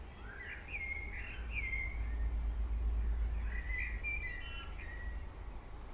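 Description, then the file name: Common blackbird singing two groups of fluted, slurred notes over a strong low rumble. "Turdus merula"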